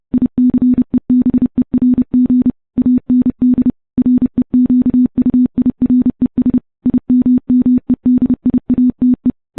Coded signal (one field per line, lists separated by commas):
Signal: Morse code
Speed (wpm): 30 wpm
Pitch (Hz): 250 Hz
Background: none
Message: ICEBERG AND REQUIRES IMMEDIATE